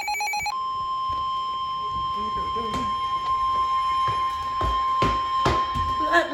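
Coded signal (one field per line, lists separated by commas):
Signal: Emergency Alert System (SAME) tones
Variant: 1050 Hz attention tone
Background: speech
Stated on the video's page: Alerts received mainly from the Natchitoches area of Louisiana.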